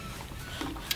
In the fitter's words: the little flight battery by the way it just kind of pops in place and the bottom snaps in place pop